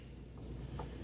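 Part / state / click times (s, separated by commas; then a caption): fuel injector into throttle body injector bore / not seated / none. A rebuilt fuel injector with a new o-ring is handled and pushed down toward its bore in a TBI throttle body. A steady low rumble runs throughout, with a brief handling noise at about 0.8 s. Nothing has seated or clicked yet.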